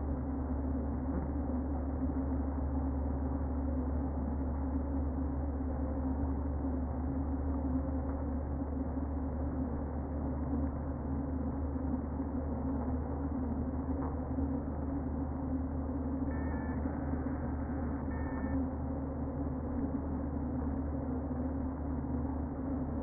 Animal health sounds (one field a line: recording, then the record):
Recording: honeybee colony, microphone inside the hive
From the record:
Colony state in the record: queen present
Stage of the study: before two queens were removed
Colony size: about 60,000 bees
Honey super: yes